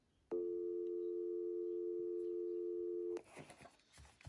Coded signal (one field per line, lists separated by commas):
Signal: telephone call progress tone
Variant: North America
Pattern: dial tone